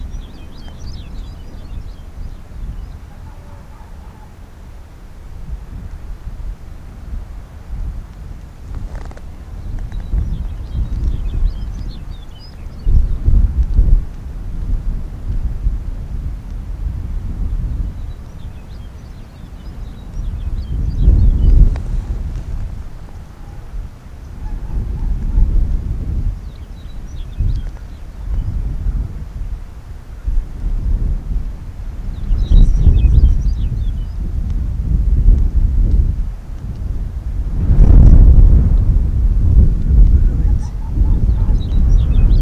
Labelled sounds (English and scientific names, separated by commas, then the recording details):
Arctic Fox (Vulpes lagopus)
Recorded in the wild
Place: Insel Mednyi, Kommandeur-Inseln, RU
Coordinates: 54.5167, 168.083
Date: 1999-07-17
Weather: 6°C, dichter Nebel, starker Südwestwind
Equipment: Sony WM-D6C, Sennheiser ME 80, K 30 AV, Windkorb, Kopie Sony TCD-D8
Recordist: Jakupi, Antje